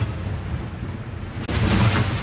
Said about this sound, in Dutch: Die knallen die je hoort, dat is uitgaand vuur. Dat vertelt een Israëlische militair net. Uitgaand vuur van Israël richting Libanon. Ik sta nu zo'n 2 kilometer van die grens met Libanon vandaan.